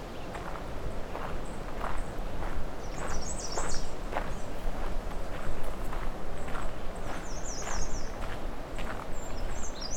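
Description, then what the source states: American Redstart song: high, sibilant phrases of quick notes appear around three, seven and nine seconds, beneath a constant low rumble with scattered thumps. Many American redstarts singing; Alvar Bay; July 26, 2020.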